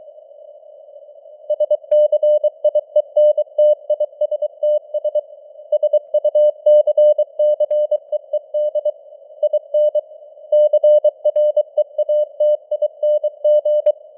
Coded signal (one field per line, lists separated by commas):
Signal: Morse code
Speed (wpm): 23 wpm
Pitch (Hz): 600 Hz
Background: none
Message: SCIENTISTS SUCCEED IN CREATING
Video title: Morse Code News | 2025-10-04 | 23wpm